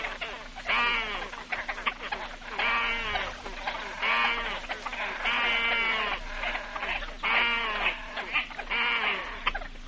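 Great crested grebe giving grating, nasal braying calls in several separate bursts spaced a second or two apart.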